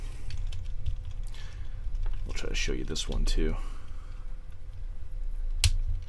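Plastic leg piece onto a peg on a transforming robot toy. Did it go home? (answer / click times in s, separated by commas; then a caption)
yes / 5.6 s. Someone talks while a plastic leg piece on a Maketoys Gundog ver.2Y (Hound) transforming robot toy is looped over and pushed onto its peg. Faint ticks are heard early on, then one sharp plastic click at 5.6 s as the leg part seats into place.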